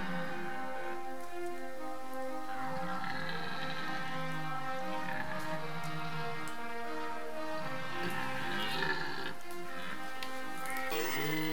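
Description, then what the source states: Red deer bellowing, a long drawn-out, deep harmonic roar that swells and falls in strength, with overlapping rough, groaning tones throughout. Stag bellowing during the rut.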